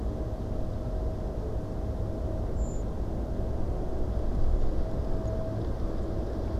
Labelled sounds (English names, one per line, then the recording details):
Redwing
Song Thrush
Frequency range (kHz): Redwing 6.4-7.9 kHz; Song Thrush 6.4-7.4 kHz
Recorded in France